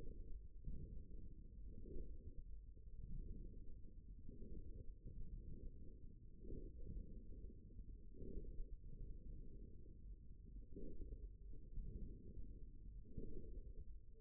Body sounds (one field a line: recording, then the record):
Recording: forearm muscle sounds (acoustic myography)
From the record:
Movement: forearm supination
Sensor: system 1, eight BSWA MPA416 microphones around the upper forearm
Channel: 1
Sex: male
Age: 54 years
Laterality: right